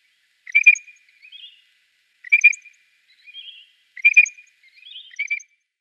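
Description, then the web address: Southern Grey Shrike song: four doubled harsh notes, most followed by a soft warbled phrase. "Schulze Peter Southern Grey Shrike song"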